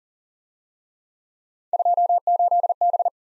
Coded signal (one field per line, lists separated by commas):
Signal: Morse code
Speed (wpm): 40 wpm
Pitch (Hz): 700 Hz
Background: none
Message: 28B